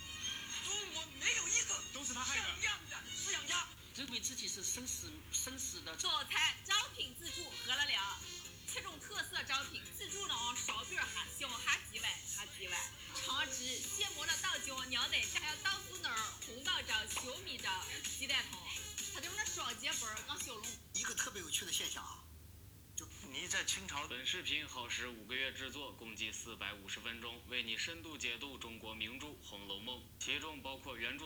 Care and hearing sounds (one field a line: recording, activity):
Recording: daily activity, guitar pickup as the sensor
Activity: browse video